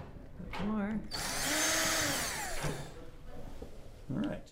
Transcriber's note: drilling sounds